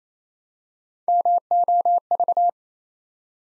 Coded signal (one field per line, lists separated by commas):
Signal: Morse code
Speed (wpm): 27 wpm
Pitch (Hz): 700 Hz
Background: none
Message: MOV